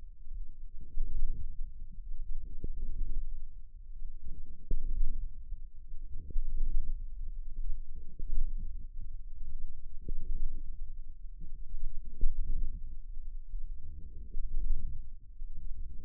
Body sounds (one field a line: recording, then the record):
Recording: forearm muscle sounds (acoustic myography)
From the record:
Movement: wrist extension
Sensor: system 1, eight BSWA MPA416 microphones around the upper forearm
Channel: 8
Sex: female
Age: 21 years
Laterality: right